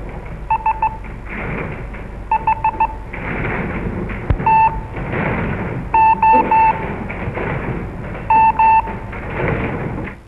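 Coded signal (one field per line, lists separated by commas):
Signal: Morse code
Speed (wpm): 15 wpm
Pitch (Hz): 890 Hz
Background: none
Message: S H T O M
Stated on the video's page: 1941 newsreel of Navy radio school trainees learning Morse code at a naval radio school.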